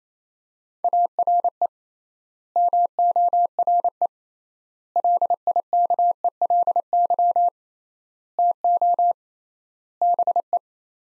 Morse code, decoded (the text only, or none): ARE MORE LIKELY TO BE